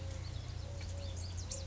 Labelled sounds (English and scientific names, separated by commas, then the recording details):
Eurasian Collared Dove (Streptopelia decaocto)
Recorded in Sonoma County, California